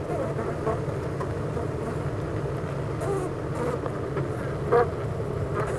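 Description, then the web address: Honey bees humming in an unbroken drone, one short loud buzz of a passing bee late on. Honey bee hive at Clara Vale, Gateshead, UK. "impossible-music Honey Bee Hive-Clara Vale,Gateshead,UK"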